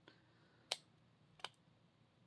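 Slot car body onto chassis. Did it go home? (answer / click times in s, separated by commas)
yes / 0.7 s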